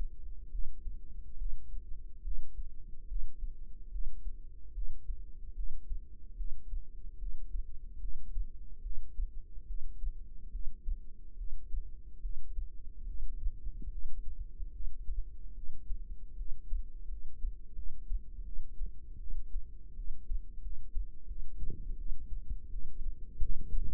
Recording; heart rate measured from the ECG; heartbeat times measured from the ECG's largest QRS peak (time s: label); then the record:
heart sounds by microphone in the right ear; 76 bpm
0.51 s: heartbeat
1.37 s: heartbeat
2.23 s: heartbeat
3.07 s: heartbeat
3.91 s: heartbeat
4.73 s: heartbeat
5.55 s: heartbeat
6.36 s: heartbeat
7.18 s: heartbeat
8.00 s: heartbeat
8.82 s: heartbeat
9.66 s: heartbeat
10.51 s: heartbeat
11.36 s: heartbeat
12.21 s: heartbeat
13.05 s: heartbeat
13.90 s: heartbeat
14.71 s: heartbeat
15.53 s: heartbeat
16.35 s: heartbeat
17.08 s: heartbeat
17.74 s: heartbeat
18.43 s: heartbeat
19.18 s: heartbeat
19.95 s: heartbeat
20.61 s: heartbeat
21.26 s: heartbeat
21.96 s: heartbeat
22.69 s: heartbeat
23.39 s: heartbeat
From the record:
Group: healthy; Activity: breath hold 0-6 s, rest 6-24 s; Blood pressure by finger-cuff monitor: 112/72 mmHg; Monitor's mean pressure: 86 mmHg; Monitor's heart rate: 73 bpm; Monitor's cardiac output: 6.1 L/min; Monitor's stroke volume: 81 mL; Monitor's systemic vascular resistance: 1000 dyn s/cm5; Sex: female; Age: 19 years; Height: 163 cm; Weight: 48.9 kg